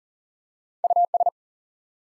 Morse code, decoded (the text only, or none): US